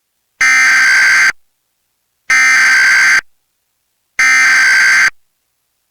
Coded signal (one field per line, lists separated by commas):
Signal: Emergency Alert System (SAME) tones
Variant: header bursts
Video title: EAS Texas Amber Alert Fail (5/7/26)